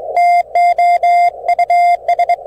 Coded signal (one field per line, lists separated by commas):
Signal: Morse code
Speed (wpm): 24 wpm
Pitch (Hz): 700 Hz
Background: none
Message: TOUS